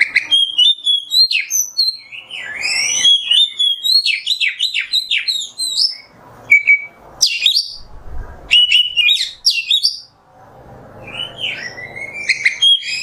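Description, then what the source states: Oriental magpie-robin pouring out a long, varied song of whistles, trills and chirps, briefly pausing before a final phrase. Kacer masteran (tutor song for training songbirds) in the nembak song style.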